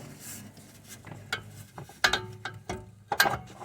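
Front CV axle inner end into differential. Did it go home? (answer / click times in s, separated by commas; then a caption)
partly / 2.0 s. On a BMW E60/E61 xi (AWD), the inner splined end of a front CV axle is pushed into the differential. A series of sharp metallic knocks is heard, with the loudest at about 2.1 s followed by another strong hit at about 3.2 s. The axle is started into the differential but not fully seated.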